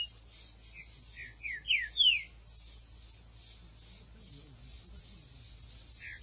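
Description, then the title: Green-winged saltator song: a short run of four or five clear falling whistles near the start, then mostly quiet with only a brief note at the end. "Trinca Ferro"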